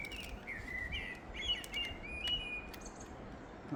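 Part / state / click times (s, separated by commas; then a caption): speaker wiring connector into car door speaker / not seated / none. A wiring connector is pushed onto the door speaker of an older Tesla Model 3 as the speaker is clipped back into the door, over steady background noise with bird chirps. No positive click is heard; the plastic connector is suspected to be slightly broken and is secured with tape. Nothing has seated or clicked yet.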